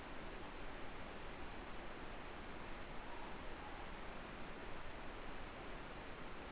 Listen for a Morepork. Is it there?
yes